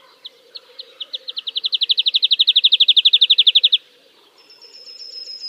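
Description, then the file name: Woodlark song: a trill of rapid repeated notes that accelerates and grows louder before stopping abruptly, followed by a thin, high, steady whistle. "kicau master woodlark omkicau"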